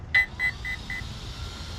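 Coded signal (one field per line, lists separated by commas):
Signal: none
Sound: an RC speed controller's startup beeps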